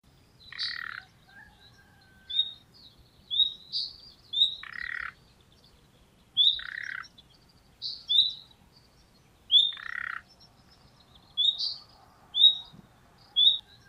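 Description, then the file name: Common nightingale song: short high whistled notes mixed with harsher buzzy bursts, delivered in irregular phrases over about fourteen seconds against a quiet background. "Luscinia megarhynchos"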